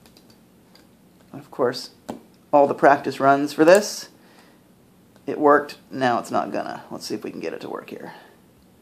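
A spring-loaded insert is handled over the metal portafilter filter basket of a De'Longhi EC-155 espresso machine, which is being depressurized. Someone talks over faint, light handling ticks. Nothing has seated or clicked yet.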